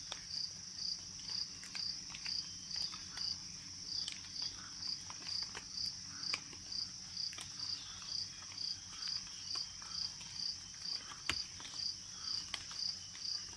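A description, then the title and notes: A jungle at night or dusk is filled with a high, bright insect trill that pulses in a steady rhythm, about two beats per second, throughout. Scattered short clicks and chirps from birds or insects break through, over a low, constant rumble underneath. Jungle Sounds - Soothing Sounds of the Jungle with Paradise Birds to help you sleep and relax.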